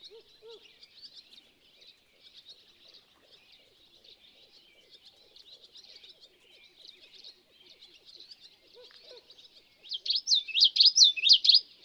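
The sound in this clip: Bird song: busy high twittering, then a loud phrase of quick whistled notes at the end, with a few low notes earlier.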